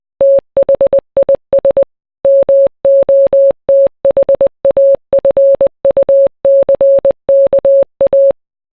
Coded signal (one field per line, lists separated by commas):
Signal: Morse code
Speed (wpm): 20 wpm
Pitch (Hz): 550 Hz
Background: none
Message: THIS MOTHAFUCKA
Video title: Drake - Passionfruit (MORSE CODE VERSION)